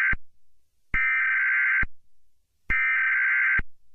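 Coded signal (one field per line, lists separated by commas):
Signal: Emergency Alert System (SAME) tones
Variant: header bursts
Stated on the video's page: Fictional EAS scenario.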